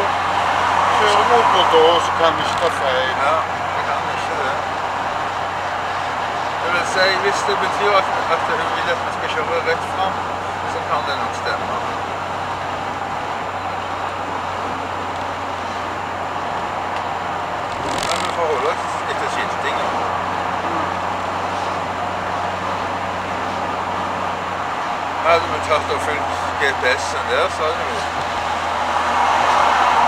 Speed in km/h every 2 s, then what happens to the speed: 80, 82, 84, 79, 85, 83, 83, 79, 78, 80, 84, 83, 82, 77, 74.
0-8 steady at about 82. 8-15 slows to 78. 15-23 steady at about 80. 23-30 slows to 74.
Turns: none.